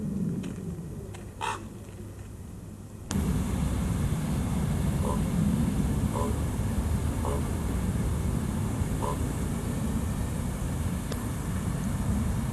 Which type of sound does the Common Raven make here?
call